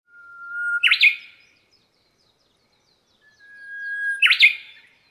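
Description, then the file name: Japanese bush warbler song: a long steady whistle that breaks into a quick rising and falling flourish, given twice about three seconds apart. "uguisuho"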